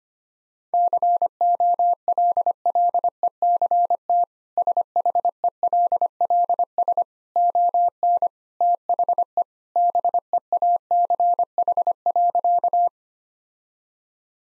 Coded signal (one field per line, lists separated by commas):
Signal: Morse code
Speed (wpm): 25 wpm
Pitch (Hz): 700 Hz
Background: none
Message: COLLECT SHELLS ON THE BEACH.